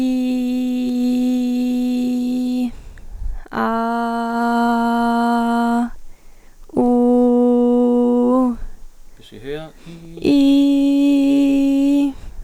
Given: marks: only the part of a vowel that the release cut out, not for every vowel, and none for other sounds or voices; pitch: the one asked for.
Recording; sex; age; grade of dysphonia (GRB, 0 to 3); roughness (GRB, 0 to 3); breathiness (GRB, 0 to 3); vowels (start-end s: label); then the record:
sustained vowels; female; 20 to 29 years; 0; 0; 0
0.00-2.49 s: vowel /i/, normal pitch
3.70-5.67 s: vowel /a/, normal pitch
6.96-8.31 s: vowel /u/, normal pitch
10.50-11.97 s: vowel /i/, high pitch
From the record:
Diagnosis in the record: healthy voice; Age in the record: 22 years